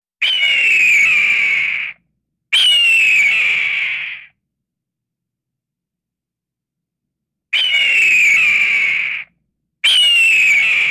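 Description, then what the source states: Hawk screams: four drawn-out harsh cries, most nearly two seconds long, the last cut off, given in two pairs separated by a long silence. Cry; sound-effect recording.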